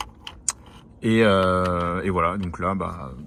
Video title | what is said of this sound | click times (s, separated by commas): Tutoriel remplacement enceintes/ hauts parleurs renault twingo 1 phase 4 | rien de bien compliqué on clipse le twetter sur son support et | 0.5 s